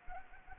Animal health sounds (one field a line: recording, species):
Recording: mosquito wingbeat signal from an infrared sensor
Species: Anopheles arabiensis